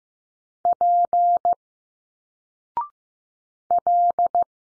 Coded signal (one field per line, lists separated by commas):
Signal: Morse code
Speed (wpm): 15 wpm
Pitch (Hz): 700 Hz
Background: none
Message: P L